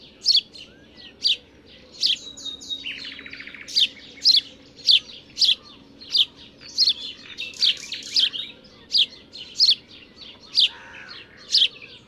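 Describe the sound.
House sparrow chirping steadily, a long run of sharp repeated chips with some lower rasping notes mixed in.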